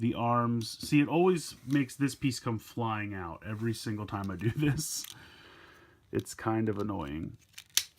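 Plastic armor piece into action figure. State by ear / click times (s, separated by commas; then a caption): seated / 7.8 s. Someone talks while fitting a plastic armor piece from a Kamen Rider Ex-Aid LVUR-18 Maximum Gamer & Muteki Gamer set onto an action figure, then a quiet pause follows. A single sharp plastic snap is heard at 7.8 seconds as the piece seats firmly into place.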